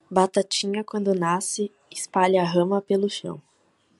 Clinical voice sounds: short text; Brazilian Portuguese; female; 20 to 29 years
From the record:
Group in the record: control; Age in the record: 21 years

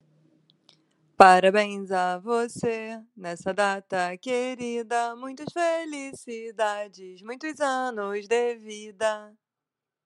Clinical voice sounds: short text; Brazilian Portuguese; female; 30 to 39 years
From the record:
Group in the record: control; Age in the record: 32 years

